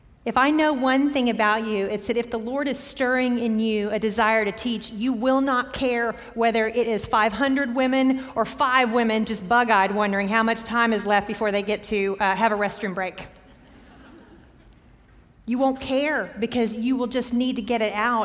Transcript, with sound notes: If I know one thing about you, it's that if the Lord is stirring in you a desire to teach, you will not care whether it is 500 women or five women just bug-eyed, wondering how much time is left before they get to have a restroom break. [laughter] You won't care, because you will just need to get it out.